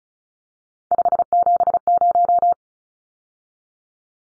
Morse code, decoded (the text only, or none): 570